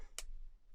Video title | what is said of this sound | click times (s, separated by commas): Junk journal - Beebeecraft goodies - Unboxing | Hear it snapping. | 0.2 s